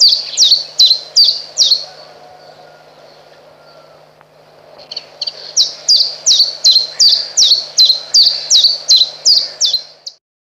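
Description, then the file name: Common chiffchaff song in two bursts: a handful of high, slurred notes, a pause of a few seconds, then a longer even series of the same clipped notes. "Pierwiosnek"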